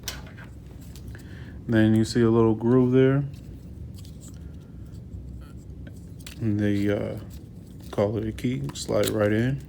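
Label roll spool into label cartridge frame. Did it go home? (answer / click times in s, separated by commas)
no / none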